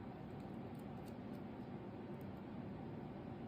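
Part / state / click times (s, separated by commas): small ball seating into an indentation on a die-cutting machine part / not seated / none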